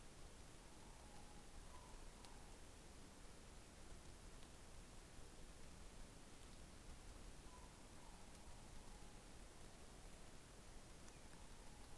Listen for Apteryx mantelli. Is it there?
no